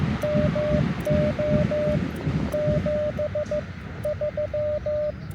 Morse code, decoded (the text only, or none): MO 73